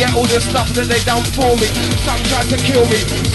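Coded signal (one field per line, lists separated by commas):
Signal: none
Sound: music beat sounds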